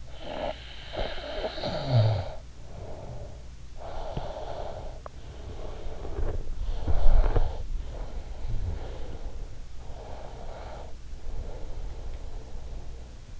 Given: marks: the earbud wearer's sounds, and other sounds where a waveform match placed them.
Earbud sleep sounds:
sounds in sleep by an in-ear microphone; snoring breath, breath
0.00-3.19 s: snoring breath
3.46-6.54 s: breath
6.58-9.75 s: snoring breath
9.80-13.40 s: breath

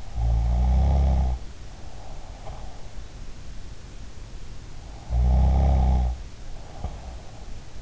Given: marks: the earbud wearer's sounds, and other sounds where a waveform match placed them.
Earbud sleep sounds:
sounds in sleep by an in-ear microphone; snoring breath
0.00-2.84 s: snoring breath
5.04-7.47 s: snoring breath

